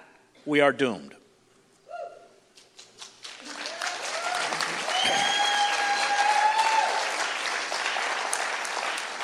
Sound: audience applause